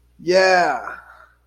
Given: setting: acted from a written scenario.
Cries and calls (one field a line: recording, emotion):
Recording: vocal sound without words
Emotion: elation